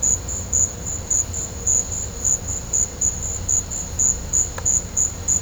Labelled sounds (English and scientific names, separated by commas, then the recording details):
none
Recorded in pastures near Puerto Asís, Putumayo, Colombia, on 18 December 2024 at 14:00
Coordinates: 0.502, -76.324
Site G077